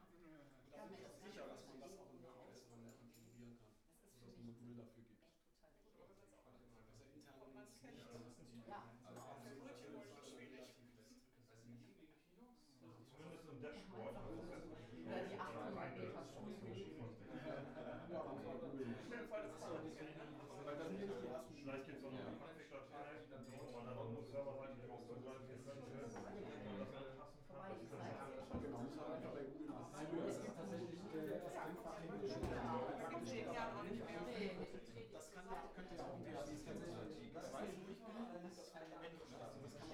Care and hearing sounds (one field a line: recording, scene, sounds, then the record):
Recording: everyday scene through a hearing-aid microphone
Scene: many people talking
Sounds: many voices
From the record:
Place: bistro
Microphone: behind the ear, right, rear